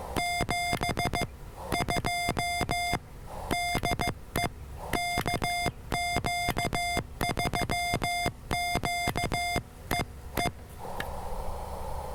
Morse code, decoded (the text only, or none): 72 DE KQ3Q EE